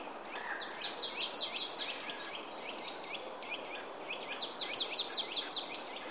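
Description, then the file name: Marsh tit giving rapid strings of high, sharp downslurred notes, two bursts of about six each, separated by softer scattered calls, over a persistent hiss. "Poecile palustris"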